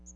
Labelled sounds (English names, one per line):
Magnolia Warbler flight call